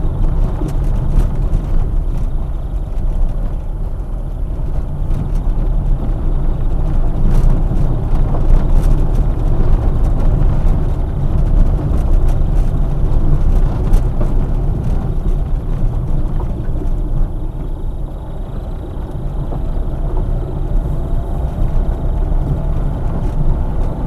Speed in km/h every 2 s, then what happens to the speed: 17, 16, 17, 21, 25, 24, 20, 14, 12, 14, 19, 20.
3-9 speeds up to 25. 9-15 slows to 12. 17-24 speeds up to 20.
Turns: 0-6, 13-19.